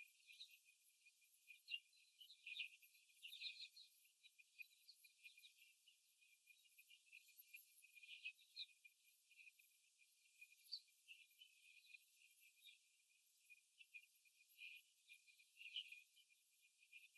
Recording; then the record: young laying hens in a cage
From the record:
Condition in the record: after the stressor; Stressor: simulated dog barking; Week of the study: 3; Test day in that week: 2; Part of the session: 4